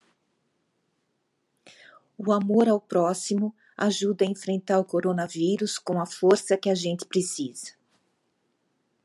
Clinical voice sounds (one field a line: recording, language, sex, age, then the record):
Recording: spoken sentence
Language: Brazilian Portuguese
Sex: female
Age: 60 to 69 years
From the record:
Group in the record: control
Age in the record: 63 years